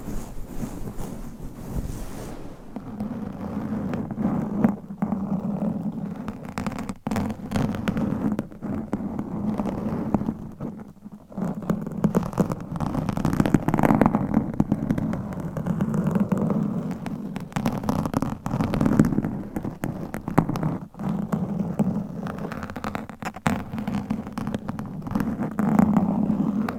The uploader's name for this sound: Mic Scratching